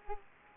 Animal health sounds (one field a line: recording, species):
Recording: mosquito wingbeat signal from an infrared sensor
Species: Culex quinquefasciatus